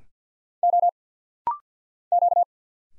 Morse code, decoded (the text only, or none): O Q